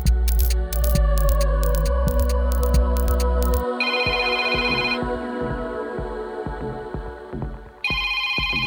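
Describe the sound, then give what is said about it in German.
A telephone rings in a repeating electronic pattern of bright, pulsing tones over a low droning hum, with no voices present. “Es gab ein Telefonat.”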